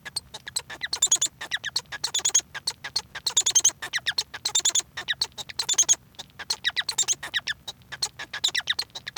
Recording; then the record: song of a male Bengalese finch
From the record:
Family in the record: son of father 1